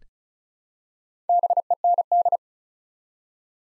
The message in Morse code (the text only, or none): BEND